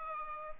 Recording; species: mosquito wingbeat signal from an infrared sensor; Culex pipiens